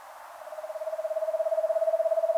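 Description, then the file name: Eastern screech owl giving a steady, even-pitched whistled trill of rapid pulses that swells in loudness after a soft start and holds level to the end. "Eastern Screech Owl Megascops asio"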